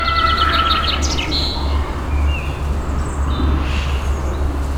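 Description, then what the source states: Birds singing, with bright whistled and warbled phrases and quick chirps mostly in the first two seconds, over a steady low traffic rumble. City garden.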